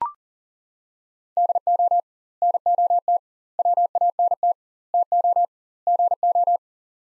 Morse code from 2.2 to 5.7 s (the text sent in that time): NOT WANT TO